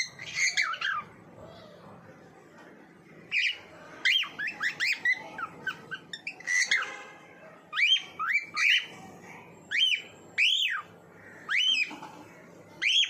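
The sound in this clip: Bird song starting with a few notes, then a lively series of rising and falling whistles and chirps.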